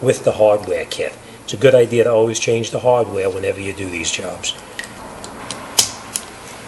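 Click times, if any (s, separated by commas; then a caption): 5.8 s, 6.2 s. Someone talks while pressing a new metal anti-rattle clip from the hardware kit onto the steel backing plate of the outer front disc brake pad of a 2008-2013 Toyota Highlander. After the talking, there are light scrapes, then sharp metallic snaps at 5.8 s and 6.2 s as the clip seats on the pad.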